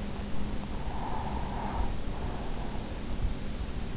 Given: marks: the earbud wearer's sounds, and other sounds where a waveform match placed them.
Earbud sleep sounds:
sounds in sleep by an in-ear microphone; breath
0.63-3.34 s: breath

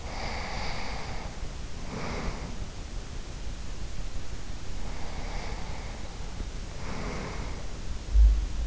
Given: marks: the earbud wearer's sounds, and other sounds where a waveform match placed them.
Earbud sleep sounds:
sounds in sleep by an in-ear microphone; breath
0.33-3.17 s: breath
4.72-8.67 s: breath

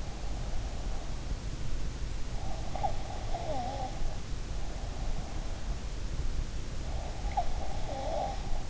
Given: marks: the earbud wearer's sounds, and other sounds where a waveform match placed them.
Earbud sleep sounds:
sounds in sleep by an in-ear microphone; breath
2.44-4.12 s: breath
6.77-8.70 s: breath

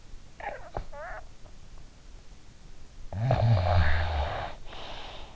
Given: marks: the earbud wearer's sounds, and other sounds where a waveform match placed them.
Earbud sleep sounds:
sounds in sleep by an in-ear microphone; snoring breath
0.00-1.55 s: snoring breath
2.73-5.29 s: snoring breath

